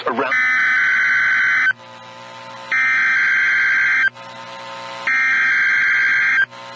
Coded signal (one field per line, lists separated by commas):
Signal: Emergency Alert System (SAME) tones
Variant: header bursts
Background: speech